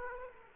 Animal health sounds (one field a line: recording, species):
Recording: mosquito wingbeat signal from an infrared sensor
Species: Aedes aegypti